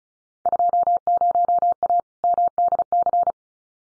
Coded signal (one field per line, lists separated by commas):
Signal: Morse code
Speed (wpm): 34 wpm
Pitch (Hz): 700 Hz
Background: none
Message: 20A MDC